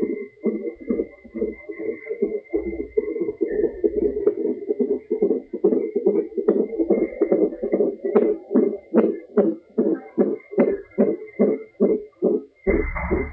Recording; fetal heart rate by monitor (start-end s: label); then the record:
fetal heart sounds by stethoscope on the mother's abdomen
0.00-10.00 s: 143 bpm
From the record:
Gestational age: 38 weeks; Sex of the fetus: boy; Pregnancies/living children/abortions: 2/1/0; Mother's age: 30 years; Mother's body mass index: 31.1